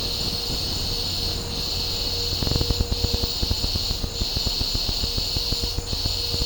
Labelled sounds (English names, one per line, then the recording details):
none
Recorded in dense forest near Puerto Asís, Putumayo, Colombia, on 26 December 2024 at 11:30
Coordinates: 0.503, -76.323
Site G043